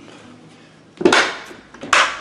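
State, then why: Seated. A bag end is placed over the seal strip of a Presto "FreshDaddy" automatic electric vacuum sealer, and the plastic lid is pressed closed onto the sealer base. Two sharp plastic clicks ring out at about 1.1 s and 1.9 s, each with a brief bright decay, as the lid latches shut and is confirmed seated.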